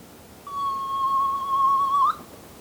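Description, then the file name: Soft-plumaged petrel producing a prolonged, slightly wavering whistle of about one and a half seconds that lifts at the end; low background noise. "Soft plumaged Petrel Pterodroma mollis"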